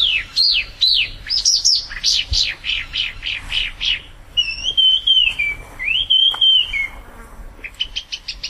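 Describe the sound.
Spot-throated babbler song: quick falling whistled notes repeated in a rapid run, then a long wavering whistle and a closing burst of high chips.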